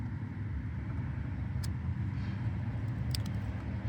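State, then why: Seated. A new side marker lamp for a Lancer is pushed one-handed into its opening in the car fender over a steady low rumble, with a faint tick at about 1.6 s. Its clip snaps in with a sharp click at 3.2 s, followed by a small tick at 3.3 s, and the lamp is seated.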